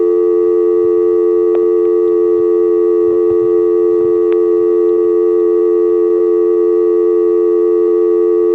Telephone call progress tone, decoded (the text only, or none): dial tone